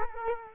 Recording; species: mosquito wingbeat signal from an infrared sensor; Culex quinquefasciatus